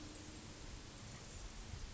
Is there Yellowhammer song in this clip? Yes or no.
no